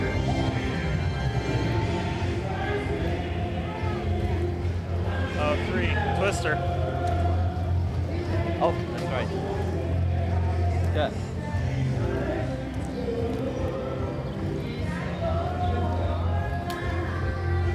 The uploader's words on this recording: A Day at Universal Studios Florida. Walk the park as we journey from attraction to attraction.